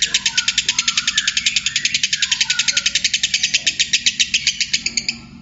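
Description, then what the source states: Lovebird chattering in fast, evenly repeated harsh high notes that run without pause, with some softer lower squeaks beneath. Lovebird song style called konslet.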